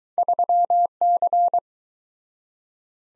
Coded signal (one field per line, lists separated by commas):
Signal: Morse code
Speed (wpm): 23 wpm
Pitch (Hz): 700 Hz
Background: none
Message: 3C